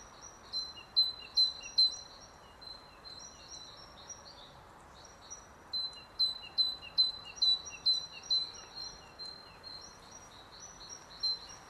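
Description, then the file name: Great tit repeating ringing two-note phrases almost continuously, the high note falling to a lower one, over a light noisy background. "Parus major"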